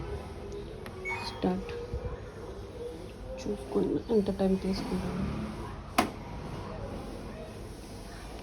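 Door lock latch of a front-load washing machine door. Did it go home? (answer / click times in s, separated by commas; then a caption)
yes / 6.0 s. After the tub-clean cycle is started on an LG front-load washing machine for descaling, the door lock latches the door shut with a single sharp click at 6.0 s while someone talks. The door is locked and cannot be opened during the cycle.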